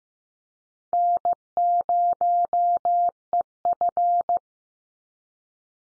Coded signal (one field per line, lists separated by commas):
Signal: Morse code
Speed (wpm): 15 wpm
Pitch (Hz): 700 Hz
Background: none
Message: N0EF